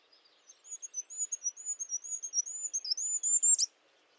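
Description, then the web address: High-pitched bird song, a steady string of short whistled notes ending abruptly in a sharp downward flourish. "Bird Only"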